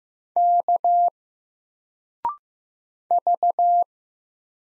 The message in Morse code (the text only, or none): K V